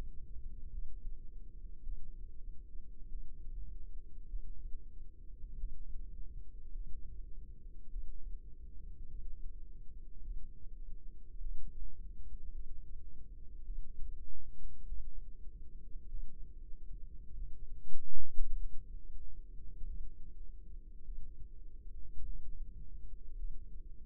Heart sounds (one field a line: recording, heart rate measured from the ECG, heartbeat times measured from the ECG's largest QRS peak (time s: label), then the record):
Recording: heart sounds by microphone in the left ear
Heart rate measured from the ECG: 50 bpm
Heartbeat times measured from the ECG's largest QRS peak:
0.70 s: heartbeat
1.83 s: heartbeat
3.09 s: heartbeat
4.27 s: heartbeat
5.57 s: heartbeat
6.72 s: heartbeat
7.90 s: heartbeat
9.08 s: heartbeat
10.22 s: heartbeat
11.40 s: heartbeat
12.52 s: heartbeat
13.64 s: heartbeat
14.86 s: heartbeat
16.08 s: heartbeat
17.34 s: heartbeat
18.56 s: heartbeat
19.86 s: heartbeat
21.04 s: heartbeat
22.24 s: heartbeat
23.36 s: heartbeat
From the record:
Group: healthy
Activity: cold pressor test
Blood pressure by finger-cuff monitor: 105/61 mmHg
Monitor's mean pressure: 76 mmHg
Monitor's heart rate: 50 bpm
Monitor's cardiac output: 4.8 L/min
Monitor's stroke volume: 96 mL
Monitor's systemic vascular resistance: 1160 dyn s/cm5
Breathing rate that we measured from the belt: 21 breaths a minute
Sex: female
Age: 28 years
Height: 170 cm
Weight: 77 kg